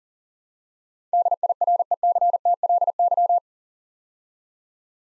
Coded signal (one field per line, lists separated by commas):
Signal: Morse code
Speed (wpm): 40 wpm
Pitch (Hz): 700 Hz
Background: none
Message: DIRECTLY